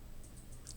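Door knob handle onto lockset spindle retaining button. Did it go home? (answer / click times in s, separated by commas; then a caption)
yes / 0.7 s. A door knob handle is pushed back onto the lock cylinder after rekeying, sliding over the lockset spindle toward the small retaining button. A sharp, bright click at 0.7 s marks the handle snapping into place over the button, seating it firmly.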